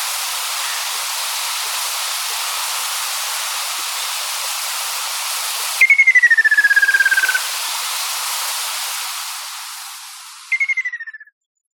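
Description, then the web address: Ruddy kingfisher with one full descending trilled call midway, then a shorter one near the end as the steady hiss fades out. "sikioto. akasyoubin"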